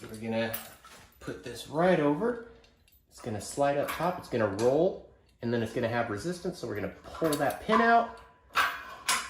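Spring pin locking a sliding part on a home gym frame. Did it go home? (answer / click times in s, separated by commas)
yes / 9.1 s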